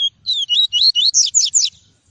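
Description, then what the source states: Double-collared seedeater song, one phrase of roughly eight quick whistled notes, first slurring downward then becoming sharper, higher and more rolling toward the end. Song of the "tui-tui" variety.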